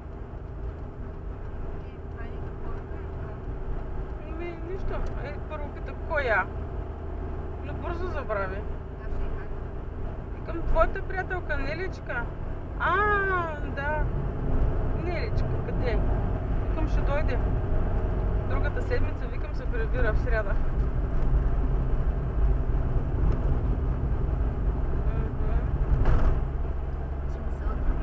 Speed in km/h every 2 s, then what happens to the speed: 45, 45, 46, 46, 47, 48, 49, 51, 55, 54, 55, 51, 51, 51.
0-11 steady at about 46. 11-15 speeds up to 55. 15-28 steady at about 51.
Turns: none.